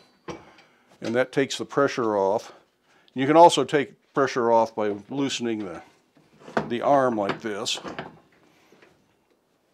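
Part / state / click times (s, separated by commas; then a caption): tension arm ratchet on a belt grinder / not seated / none. Someone talks while handling the tension arm ratchet on a belt grinder, with faint handling sounds near the end. The belt tension has been released, and the arm has not yet been pushed back up: nothing has seated or clicked yet.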